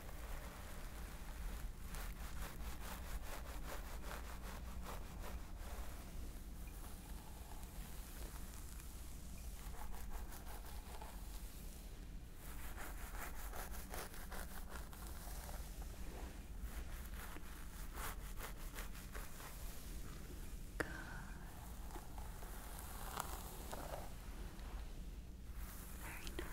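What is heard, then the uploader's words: Scalp massage with a steady rubbing, scratching texture that runs the whole time, dense and fairly even in loudness. Bursts of brighter scratching come and go every few seconds, with a sharp click near the twenty-one second mark and a low constant rumble underneath. ASMR Stress Relieving Scalp Massage ASMR.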